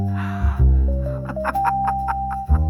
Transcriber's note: laughing